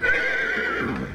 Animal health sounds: contact call of a hoofed animal; horse; whinny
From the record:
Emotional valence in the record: negative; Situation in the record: separation from one group member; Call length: 1.14 s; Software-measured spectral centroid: 1840 Hz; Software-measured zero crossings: 2660 a second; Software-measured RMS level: -24 dBFS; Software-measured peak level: -10 dBFS

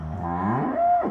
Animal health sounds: contact call of a hoofed animal; cattle; low-frequency (closed-mouth) or high-frequency (open-mouth) call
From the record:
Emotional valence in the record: negative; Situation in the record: full separation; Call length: 1.11 s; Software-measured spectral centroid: 810 Hz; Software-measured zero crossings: 1120 a second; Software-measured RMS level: -24 dBFS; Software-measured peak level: -14 dBFS

